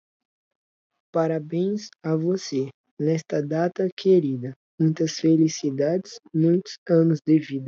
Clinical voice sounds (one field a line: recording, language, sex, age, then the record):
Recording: short text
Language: Brazilian Portuguese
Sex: male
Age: 18 to 19 years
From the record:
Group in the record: control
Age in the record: 18 years